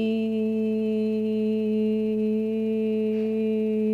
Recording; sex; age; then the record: sustained vowel /i/; female; 50 to 59 years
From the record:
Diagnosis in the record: healthy control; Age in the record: 59 years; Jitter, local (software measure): 0.47%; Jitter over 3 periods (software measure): 0.31%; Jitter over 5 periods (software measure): 0.25%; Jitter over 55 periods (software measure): 0.36%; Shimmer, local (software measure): 2.6%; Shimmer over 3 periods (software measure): 1.6%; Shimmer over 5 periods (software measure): 1.3%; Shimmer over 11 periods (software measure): 1.7%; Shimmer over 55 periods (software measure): 3.5%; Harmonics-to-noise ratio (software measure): 23.8 dB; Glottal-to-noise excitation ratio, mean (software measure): 0.90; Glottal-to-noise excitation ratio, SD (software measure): 0.026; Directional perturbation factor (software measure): 82.3%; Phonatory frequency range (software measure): 0.07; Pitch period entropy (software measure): 0.50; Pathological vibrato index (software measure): 0.20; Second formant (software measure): 2700 Hz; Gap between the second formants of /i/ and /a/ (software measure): 1229 Hz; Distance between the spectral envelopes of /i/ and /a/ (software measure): 8.1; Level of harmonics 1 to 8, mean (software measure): -2.0, -4.2, -21.2, -38.9, -47.9, -55.5, -56.0, -56.2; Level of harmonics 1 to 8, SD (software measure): 0.9, 1.2, 1.7, 1.5, 3.0, 5.1, 4.6, 4.7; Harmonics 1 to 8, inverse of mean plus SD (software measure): 0.339, 0.185, 0.044, 0.025, 0.020, 0.017, 0.016, 0.016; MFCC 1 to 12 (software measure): 1.9, 11.0, -12.0, -21.5, -1.6, -15.2, 3.0, -9.9, -6.8, -8.4, -12.4, -7.3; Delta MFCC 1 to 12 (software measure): 0.011, -0.010, 0.027, -0.014, 0.006, -0.001, -0.019, 0.030, 0.002, 0.007, -0.014, -0.022